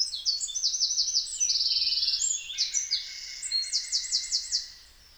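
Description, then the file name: Eurasian wren in full song: shrill, fast notes and rattling trills, the song stopping abruptly near the end. "Troglodytes troglodytes"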